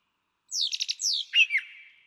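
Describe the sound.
Brown Thrasher song phrase: a quick burst of descending slurred notes and a rapid buzzy triplet, then a lower twisting whistle fading out.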